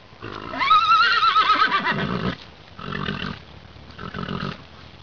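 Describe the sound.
Horse whinny: a loud, quavering neigh, followed by two shorter, rougher bursts.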